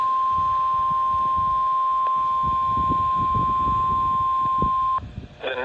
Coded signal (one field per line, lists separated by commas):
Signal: Emergency Alert System (SAME) tones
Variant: 1050 Hz attention tone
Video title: (EAS #441) Severe Thunderstorm Warning for Dane, Green, Iowa, and Lafayette, Wisconsin